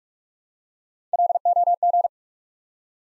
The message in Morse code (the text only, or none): LOG